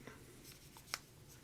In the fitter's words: no it's just snug yeah not